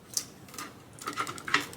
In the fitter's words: It should just easily click into place.